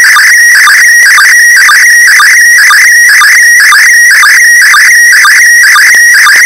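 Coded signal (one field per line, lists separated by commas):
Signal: SSTV (slow-scan television)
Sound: warbling, chirping tone sweeping up and down with a steady tick about twice a second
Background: radio static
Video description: Slow Scan Television (#SSTV) image transmitted from #ISS the International Space Station.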